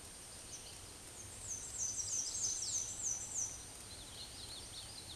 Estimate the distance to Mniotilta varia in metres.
about 25 m